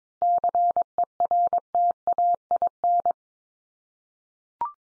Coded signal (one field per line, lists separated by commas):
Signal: Morse code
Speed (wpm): 22 wpm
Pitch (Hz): 700 Hz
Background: none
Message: CERTAIN